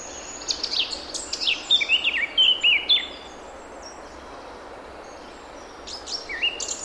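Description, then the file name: Eurasian blackcap phrase of tumbling, slurred high notes lasting a few seconds, then quiet hiss, with a brief further snatch near the end. "Sylvia atricapilla"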